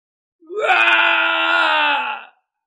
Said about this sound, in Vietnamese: Truyền đến một tiếng thét to không cam lòng, Thạch Trung Hiên bay tung lên, ngã xuống trong vần hào quang chói mắt.